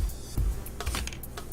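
The sliding door of a plastic instrument sterilization cassette is handled and moved along, with soft knocks and small ticks over a background of music. Nothing has clicked or latched shut yet.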